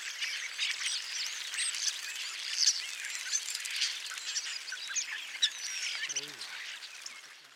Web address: 2021 06 european starling flock calls by rob van bemmelen